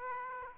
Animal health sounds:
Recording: mosquito wingbeat signal from an infrared sensor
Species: Aedes aegypti

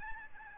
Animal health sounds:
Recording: mosquito wingbeat signal from an infrared sensor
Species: Aedes albopictus

